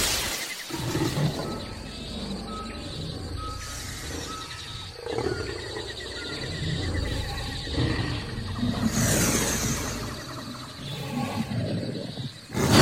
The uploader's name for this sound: storytelling using only sound effects